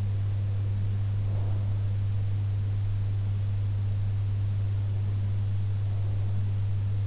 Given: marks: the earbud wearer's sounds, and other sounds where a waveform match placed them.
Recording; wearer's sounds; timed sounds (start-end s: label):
sounds in sleep by an in-ear microphone; breath
1.04-1.95 s: breath